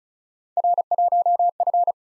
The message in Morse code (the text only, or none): R1F